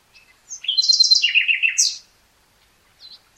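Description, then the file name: Common nightingale song: one rich phrase of buzzy trilled notes descending in pitch, ending in a sharp high note, then near silence. "Luscinia megarhynchos"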